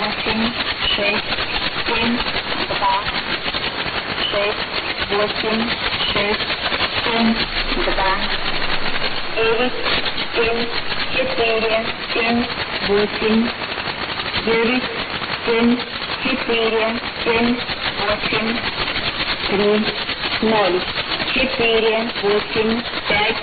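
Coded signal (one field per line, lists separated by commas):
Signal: numbers station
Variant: S06s Russian Lady, Russian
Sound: a woman's voice reading short, evenly paced Russian words through heavy radio static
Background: radio static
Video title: 06 10 2017 Numbers station S06s Russian Lady in Russian to Eu 0934 on 12140 unknown tx site in CUSB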